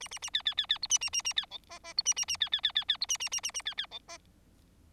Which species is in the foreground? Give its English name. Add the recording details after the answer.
Bengalese Finch. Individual Bird4